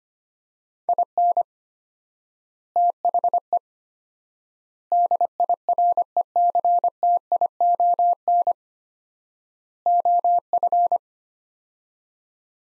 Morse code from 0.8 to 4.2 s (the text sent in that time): IN THE